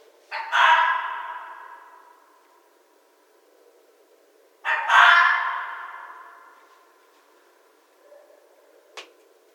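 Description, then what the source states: Red fox uttering two loud, harsh screams about four seconds apart, each fading gradually, followed by a brief sharp click. Recorded 11 January 2012.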